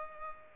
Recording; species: mosquito wingbeat signal from an infrared sensor; Culex pipiens